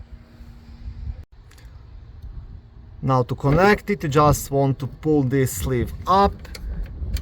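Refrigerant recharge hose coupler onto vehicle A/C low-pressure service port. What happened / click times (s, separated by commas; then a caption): The hose coupler is being handled but has not clicked onto the port yet / none. Someone handles a refrigerant recharge hose's quick-connect coupler, pulling its sleeve up to connect it to the A/C low-pressure service port on a Chevy Uplander / Pontiac Montana. Faint handling noises and brief ticks are heard while someone talks. The clip ends before the coupler goes on, so nothing has seated or clicked yet.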